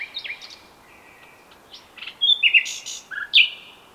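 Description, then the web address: Common nightingale song fragments: brief whistled notes and sharp chirps, a few rising and falling slurs, scattered over four seconds with quiet gaps. "SETE Luscinia megarhynchos"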